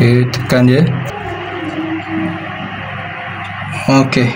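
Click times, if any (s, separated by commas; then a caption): none. A part is being handled for pressing into the new plastic remote key shell of a Volkswagen Jetta car key, with the shell swap still in progress. Someone talks over a steady low background hum. Nothing has seated or clicked yet.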